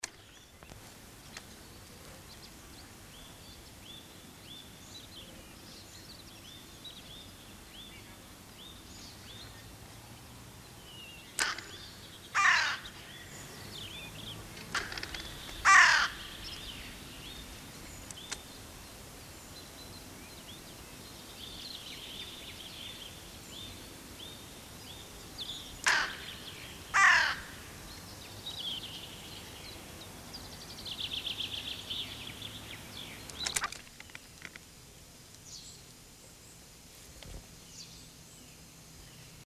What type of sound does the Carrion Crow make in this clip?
song